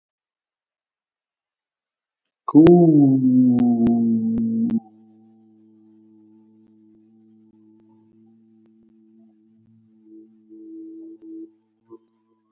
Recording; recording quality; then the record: sustained vowel as in boot; moderate, slight background noise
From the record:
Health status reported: COVID-19 positive, mild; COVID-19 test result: positive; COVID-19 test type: RT-PCR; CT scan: not taken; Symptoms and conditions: cough, cold, fever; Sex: male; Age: 25 years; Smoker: yes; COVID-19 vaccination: both doses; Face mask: not worn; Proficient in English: yes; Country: India